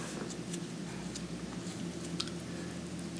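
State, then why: Seated. A universal crimp terminal on a heating element wire is pushed into the plastic burner receptacle socket of a Frigidaire stove whose burners are not heating up. A short sharp click is heard at 2.2 seconds as the terminal seats in the socket, over a steady low hum. Words are spoken during the clip.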